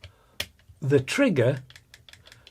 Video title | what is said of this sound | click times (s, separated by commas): متاح الان لدينا للاسلحه الصيد | and is a nice click and is fully effective there is a red dot indicator to | 0.4 s